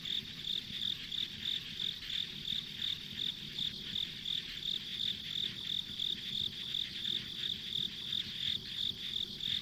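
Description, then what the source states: Insect: steady high chirping from insects, about three pulses a second without pause, over quiet hiss and low background sound. Ambient insect sounds on a rural country road.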